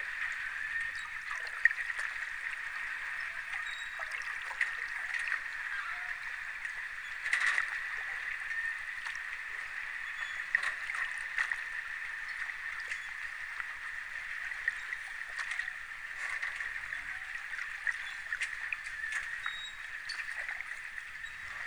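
The Thames at Cadogan Pier, beneath Albert Bridge, gives a steady rushing wash of water with a constant mid-pitched hiss that never lets up. Small clicks and knocks are scattered throughout, with a brief louder surge around seven seconds in.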